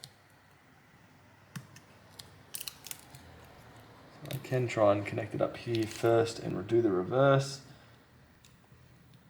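A replacement screen's display flex cable connector is handled over its motherboard socket inside an Oppo A5s / AX5s / A7 / AX7 phone, with a few faint ticks and light handling clicks around 1.5 s and 2.6–2.9 s. Someone then talks from about 4.3 s to 7.6 s. Nothing has seated or clicked into the socket yet.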